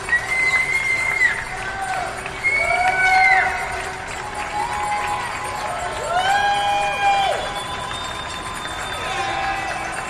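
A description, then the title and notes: New Yorkers cheer essential workers from their windows: a steady wash of overlapping whoops, long held shouts and whistle-like tones that rise and fall, with fresh calls every second or two. A constant low rumble of city noise runs underneath throughout. New Yorkers at their windows cheering essential workers at 7pm. Washington Heights, Cabrini Blvd and 190th Street.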